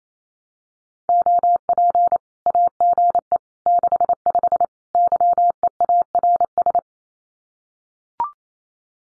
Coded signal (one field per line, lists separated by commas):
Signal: Morse code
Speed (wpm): 28 wpm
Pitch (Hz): 700 Hz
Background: none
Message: OP AGE 65 YEARS